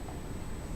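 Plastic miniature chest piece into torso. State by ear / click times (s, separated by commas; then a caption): not seated / none. A plastic miniature chest piece is handled against the torso it is being glued to, with its locating lug meant to snap in. Only a steady low rumble and broadband hiss with a faint high whine are heard, with no distinct click or pop. Nothing has seated or clicked yet.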